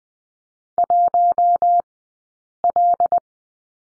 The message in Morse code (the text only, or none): 1L